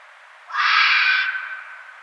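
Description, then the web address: Red fox giving one abrupt, coarse, hoarse scream that fades out gradually, with quiet background hiss. Recorded on 6 February 2012. "Red Fox 2012 02 06 Red Fox"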